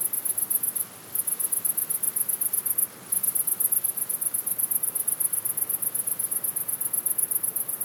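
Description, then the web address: Crickets chirping in fast, high pulsed bursts that run almost without a break, pausing briefly twice, over a faint rushing hiss of wind. "best service Blue Box animals crickets wind"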